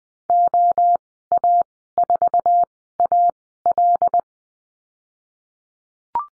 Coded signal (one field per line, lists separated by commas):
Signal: Morse code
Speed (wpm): 20 wpm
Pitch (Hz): 700 Hz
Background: none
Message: OA4AL